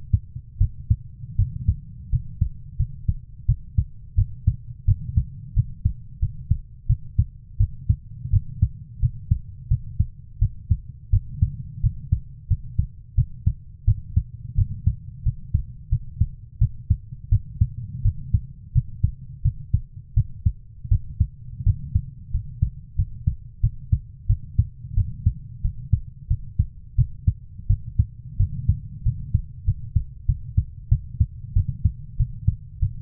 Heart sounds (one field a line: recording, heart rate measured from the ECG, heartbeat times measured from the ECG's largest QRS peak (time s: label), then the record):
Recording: heart sounds by stethoscope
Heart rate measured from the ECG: 88 bpm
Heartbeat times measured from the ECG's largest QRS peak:
0.58 s: heartbeat
1.36 s: heartbeat
2.10 s: heartbeat
2.77 s: heartbeat
3.46 s: heartbeat
4.15 s: heartbeat
4.85 s: heartbeat
5.54 s: heartbeat
6.20 s: heartbeat
6.87 s: heartbeat
7.58 s: heartbeat
8.30 s: heartbeat
9.00 s: heartbeat
9.68 s: heartbeat
10.39 s: heartbeat
11.10 s: heartbeat
11.81 s: heartbeat
12.48 s: heartbeat
13.15 s: heartbeat
13.85 s: heartbeat
14.55 s: heartbeat
15.23 s: heartbeat
15.89 s: heartbeat
16.59 s: heartbeat
17.29 s: heartbeat
18.02 s: heartbeat
18.73 s: heartbeat
19.42 s: heartbeat
20.14 s: heartbeat
20.89 s: heartbeat
21.64 s: heartbeat
22.31 s: heartbeat
22.96 s: heartbeat
23.61 s: heartbeat
24.27 s: heartbeat
24.95 s: heartbeat
25.62 s: heartbeat
26.28 s: heartbeat
26.96 s: heartbeat
27.67 s: heartbeat
28.37 s: heartbeat
29.03 s: heartbeat
29.65 s: heartbeat
30.26 s: heartbeat
30.89 s: heartbeat
31.54 s: heartbeat
32.17 s: heartbeat
32.80 s: heartbeat
From the record:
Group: healthy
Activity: cold pressor test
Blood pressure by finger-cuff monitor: 121/76 mmHg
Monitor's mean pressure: 96 mmHg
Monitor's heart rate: 86 bpm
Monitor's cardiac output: 7.2 L/min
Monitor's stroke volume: 83 mL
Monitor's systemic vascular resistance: 980 dyn s/cm5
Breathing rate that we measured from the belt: 18 breaths a minute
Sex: female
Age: 24 years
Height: 163 cm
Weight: 55.7 kg